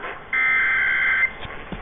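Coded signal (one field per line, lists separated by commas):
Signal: Emergency Alert System (SAME) tones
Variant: header bursts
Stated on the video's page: Required Monthly Tests from Tennessee, New York City, Richmond and Ohio, recorded in the early hours.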